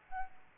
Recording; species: mosquito wingbeat signal from an infrared sensor; Aedes albopictus